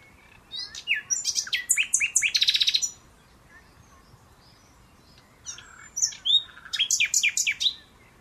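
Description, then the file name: Common nightingale song: two loud, varied phrases of rapid clicking and buzzy repeated notes, separated by a silent pause of about two seconds. "Luscinia megarhynchos"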